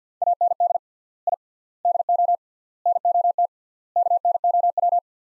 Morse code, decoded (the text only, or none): AND I DO NOT KNOW